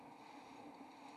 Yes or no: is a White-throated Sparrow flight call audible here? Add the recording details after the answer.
no. No flight call is heard. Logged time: 03:58 on 4 December 2014